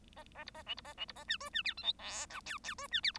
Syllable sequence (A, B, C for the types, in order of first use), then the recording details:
A A B A C B A C B A D E D F G H I J K K E D F B. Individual Bird1